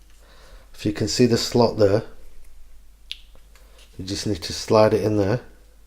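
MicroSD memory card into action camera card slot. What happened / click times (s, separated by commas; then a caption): The memory card is being slid into its slot but has not latched yet / none. A microSD memory card is being handled at the card slot of a Crosstour CT9500 4K action camera, ready to slide in, while someone talks. A single sharp tick is heard at 3.1 seconds between the stretches of speech, but nothing has seated or clicked into place yet.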